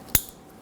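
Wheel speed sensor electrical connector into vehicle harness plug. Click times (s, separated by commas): 0.2 s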